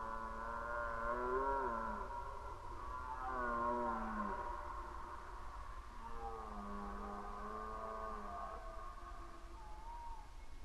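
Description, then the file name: Red deer roaring repeatedly: three groaning bellows, followed by a fainter, trailing moan. Recorded during the rut, 2011. "rykowisko 2011"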